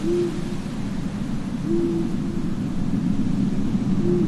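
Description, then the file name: Owl hoots three times, short clear level notes at uneven intervals, over low rumbling wind. Several owls at night in a graveyard with wind. "zapsplat horror graveyard ambience night wind owls"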